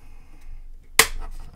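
A frame panel section of a Fanhome Millennium Falcon scale model is pressed firmly into the adjoining frame section after gentler pressure failed to seat it. Under low background noise, a single sharp, bright snap sounds at 1.0 s, and the section clicks into place.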